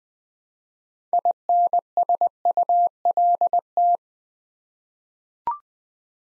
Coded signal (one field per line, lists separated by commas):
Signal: Morse code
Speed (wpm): 20 wpm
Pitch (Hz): 700 Hz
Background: none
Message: INSULT